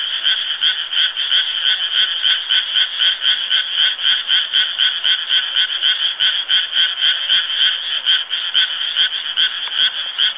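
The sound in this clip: Frog calling in a steady series of pulsed, rattling notes repeated about four times a second, fairly high and buzzy, continuing unbroken throughout.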